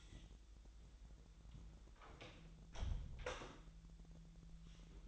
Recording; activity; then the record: daily activity, microphone in the room; close door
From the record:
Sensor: 3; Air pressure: 1001.2 hPa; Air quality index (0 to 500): 249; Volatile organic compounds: 180 ppm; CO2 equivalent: 4142 ppm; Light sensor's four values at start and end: 12/29/12/12 and 12/29/12/12